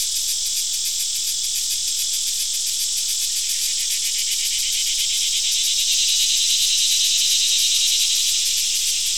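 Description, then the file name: Cricket chorus: a continuous shrill high trill with fine rapid pulses, steady throughout. Crickets, more than one, from a sound effects library. "Digiffects Sound Effects Library - Crickets and a Cicada"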